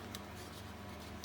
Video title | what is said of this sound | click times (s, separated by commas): Build The Delorean 1:8 Issue 1 | and they just click into place, | 0.1 s, 1.2 s